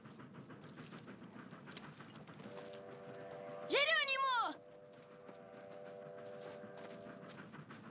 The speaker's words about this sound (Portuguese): O trem tá vindo.